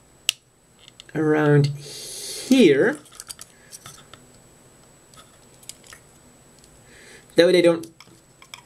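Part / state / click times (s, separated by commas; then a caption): plastic wing on its backpack joint of a model kit / seated / 8.5 s. A plastic wing on the backpack joint of a 1/144 plastic model kit is raised until its ratchet joint clicks into a set position, with a faint click heard at 8.5 s. Someone talks in short bursts between small handling ticks, and the wing is seated.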